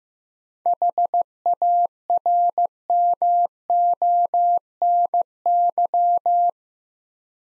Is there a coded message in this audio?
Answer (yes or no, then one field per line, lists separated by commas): yes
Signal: Morse code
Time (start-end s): 0.7-6.5 s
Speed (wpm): 15 wpm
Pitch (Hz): 700 Hz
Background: none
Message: HARMONY